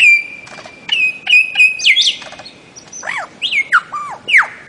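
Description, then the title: Bird-of-paradise calling with steady high whistled tones and clicks, then loud swooping whistles that fall in pitch. Master song recording made for training songbirds. "Kicau Master Cendrawasih"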